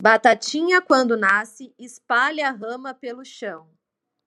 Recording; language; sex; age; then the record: short text; Brazilian Portuguese; female; 30 to 39 years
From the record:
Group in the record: control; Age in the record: 34 years